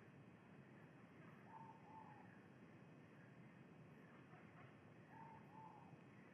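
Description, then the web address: Ivory-breasted pitta giving two paired whistle phrases about three and a half seconds apart, soft and level, over persistent low hum. Indonesia. "ULM-DS-Lab indonesian-bird-sounds. Pitta maxima"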